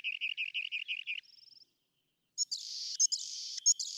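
Rock wren song opening with a series of quick repeated ringing notes and a thin trill, followed by a long buzzy phrase broken by clicks.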